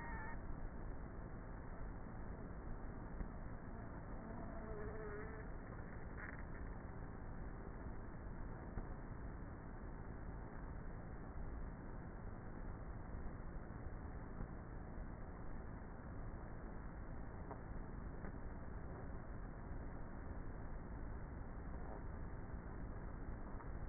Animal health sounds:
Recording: honeybee colony, microphone inside the hive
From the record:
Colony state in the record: queenless with a low population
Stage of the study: before two queens were removed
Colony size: about 30,000 bees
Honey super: no

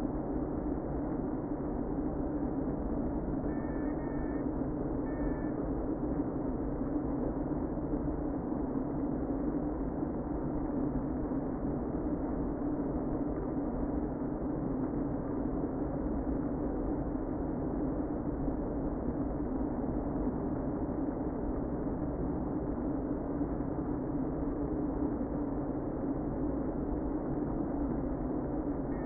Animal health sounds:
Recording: honeybee colony, microphone inside the hive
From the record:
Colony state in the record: queen present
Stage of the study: before two queens were removed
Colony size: about 60,000 bees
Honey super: yes

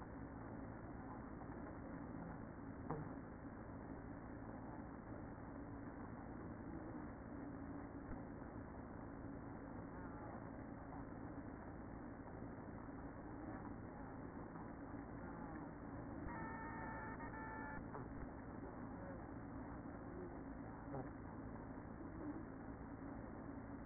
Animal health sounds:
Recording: honeybee colony, microphone inside the hive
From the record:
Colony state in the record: queen present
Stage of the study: after two queens were removed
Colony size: about 60,000 bees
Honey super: yes

